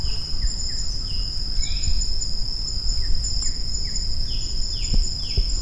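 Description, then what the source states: Shama song of clear downslurred whistles repeated at irregular short intervals, over a steady high-pitched whine and low background rumble. Maratua.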